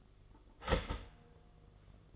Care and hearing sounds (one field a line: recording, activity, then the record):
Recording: daily activity, microphone in the room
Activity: start toaster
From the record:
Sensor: 4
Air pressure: 1015.5 hPa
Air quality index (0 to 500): 196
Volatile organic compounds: 9 ppm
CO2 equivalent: 2187 ppm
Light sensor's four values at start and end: 4/9/3/3 and 4/8/3/3